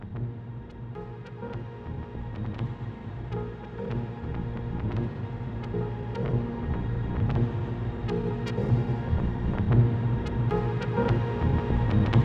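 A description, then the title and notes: A synthesised soundscape of layered low drones and hum, with dense sustained tones filling the bass and lower middle. Short bright clicks and ticks flicker across it irregularly throughout. The whole texture slowly swells louder over the twelve seconds. A synthesised soundscape.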